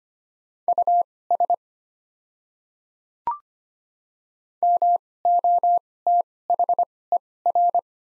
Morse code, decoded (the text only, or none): US MOTHER